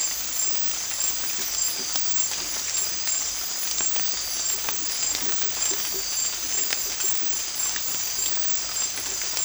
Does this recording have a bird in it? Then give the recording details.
no. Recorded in dense forest near Puerto Asís, Putumayo, Colombia, on 8 March 2025 at 04:30. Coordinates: 0.503, -76.323. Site GP09